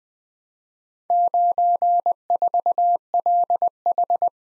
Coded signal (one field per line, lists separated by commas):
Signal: Morse code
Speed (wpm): 20 wpm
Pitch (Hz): 700 Hz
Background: none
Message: 94LH